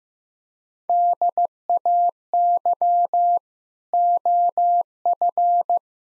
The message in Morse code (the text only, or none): DAY OF